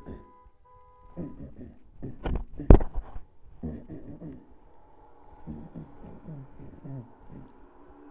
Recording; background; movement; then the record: throat clearing; traffic; sitting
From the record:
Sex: male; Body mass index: 23.7 kg/m2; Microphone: on the chest, facing the body